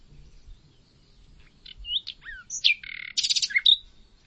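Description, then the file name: Common nightingale song phrase building from soft whistled notes and slurred chirps into a burst of fast buzzy rattles and a sharp whistled ending. "Luscinia megarhynchos"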